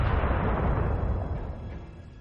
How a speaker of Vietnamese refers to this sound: Nhưng đúng lúc này, thương khung truyền tới một tiếng nổ lớn.